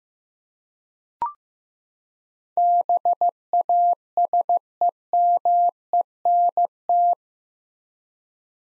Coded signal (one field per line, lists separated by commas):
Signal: Morse code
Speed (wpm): 16 wpm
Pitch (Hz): 700 Hz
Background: none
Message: BASEMENT